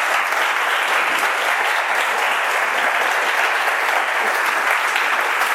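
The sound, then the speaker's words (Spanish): Sustained audience applause at the end of a lecture on limiting power, before the questions: a dense, steady wash of many hands clapping at even loudness throughout, with no talking over it. “ahora aplaudió, ¿no?”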